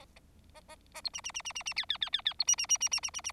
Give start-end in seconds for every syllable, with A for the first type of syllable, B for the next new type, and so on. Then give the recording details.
0.54-0.61 A, 0.68-0.76 A, 0.94-1.01 A, 1.04-1.09 B, 1.13-1.21 C, 1.24-1.31 C, 1.34-1.42 C, 1.45-1.52 C, 1.55-1.63 C, 1.66-1.73 C, 1.76-1.85 D, 1.89-1.98 D, 2.01-2.10 D, 2.12-2.21 D, 2.25-2.33 D, 2.39-2.44 B, 2.47-2.56 C, 2.58-2.67 C, 2.69-2.77 C, 2.80-2.89 C, 2.91-3.00 C, 3.03-3.10 C, 3.13-3.21 C, 3.24-3.32 C. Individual Bird4